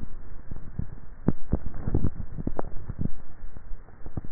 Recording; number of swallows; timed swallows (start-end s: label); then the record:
swallowing sounds by neck microphone; 1
1.78-2.65 s: swallow
From the record:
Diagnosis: dysphagia